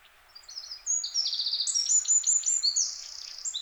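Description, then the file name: Eurasian wren delivering a rapid song of shrill trills and chattering high notes, starting quietly and then loud and sustained from about one second to the end. "Troglodytes troglodytes"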